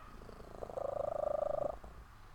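Cat: kitten giving one short, fast-pulsing purr of about a second before falling quiet.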